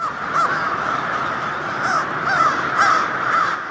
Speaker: the caw caw you probably associate with crows. It's the voice of the American crow.